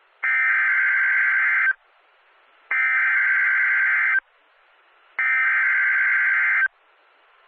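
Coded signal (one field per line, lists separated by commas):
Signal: Emergency Alert System (SAME) tones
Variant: header bursts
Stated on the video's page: Valid tones for a severe thunderstorm warning.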